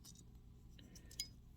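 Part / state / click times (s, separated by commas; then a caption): plastic piece pulled out of transforming robot toy / released / 1.2 s. A plastic piece on a NewAge Toys Hephestas upgrade set transforming robot toy is worked free, with faint small plastic ticks before it. At 1.2 s it pops loose with a sharp, bright clink, and the piece is released.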